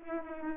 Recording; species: mosquito wingbeat signal from an infrared sensor; Anopheles arabiensis